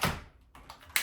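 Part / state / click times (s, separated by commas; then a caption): vacuum wand into its storage slot on the body / not seated / none. A vacuum wand on a Dyson DC55 Total Clean vacuum cleaner is pushed toward its storage slot on the body, producing short plastic taps and knocks at about 0.0, 0.6, 0.7 and 1.0 s. The wand does not slide in, and nothing has seated or clicked yet.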